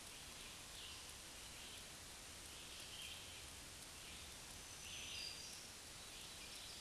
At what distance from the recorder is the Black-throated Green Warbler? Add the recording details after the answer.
about 55 m. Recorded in a Pennsylvania forest on 1 June 2023 at 07:13. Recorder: AudioMoth, point grid3_6_low. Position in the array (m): 141 m, 60 m